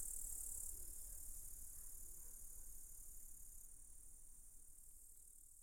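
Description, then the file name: Grasshoppers giving a constant thin, high hiss that changes slightly part way through, with a soft low rumble in the background. Several grasshoppers recorded at Sergiyev Posad, Russia, in 2007. "grasshoppers-sergiyevposad-200709"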